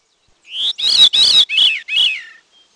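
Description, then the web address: Veery singing one ethereal phrase, a short upslurred whistle leading into four descending, reedy, spiralling notes, the last two lower than the first two. "Peterson North American Birds"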